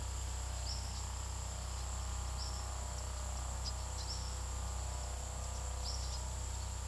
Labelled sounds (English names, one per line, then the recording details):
Silver-beaked Tanager
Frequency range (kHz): Silver-beaked Tanager 2.4-6.8 kHz
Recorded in pastures near Puerto Asís, Putumayo, Colombia, on 21 February 2024 at 17:00
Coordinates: 0.486, -76.323
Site G6462